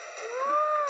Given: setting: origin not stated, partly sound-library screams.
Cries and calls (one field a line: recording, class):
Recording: one-second piece from a danger detection set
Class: woman in danger